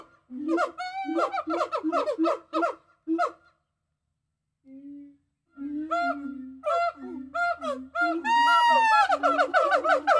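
Gibbon calls in bursts of rhythmic hooting notes, a short pause, then rising whoops building into high, excited wavering hoots.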